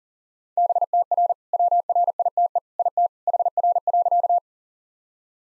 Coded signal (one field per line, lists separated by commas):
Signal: Morse code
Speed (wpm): 40 wpm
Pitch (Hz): 700 Hz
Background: none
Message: BTR WRITE IT HR.